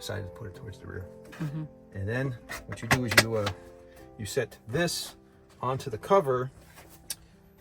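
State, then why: Seated. Someone talks over guitar music while setting a magnetic frame onto the insulated roof vent fan cover of a 2024 Pleasure-Way Ontour 2.0 and centring it. The magnets already fitted around the cover's perimeter snap together with a sharp click at 7.1 s, and the frame is seated on the cover.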